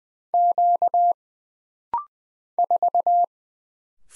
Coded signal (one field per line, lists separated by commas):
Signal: Morse code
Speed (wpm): 20 wpm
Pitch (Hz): 700 Hz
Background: none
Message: Q 4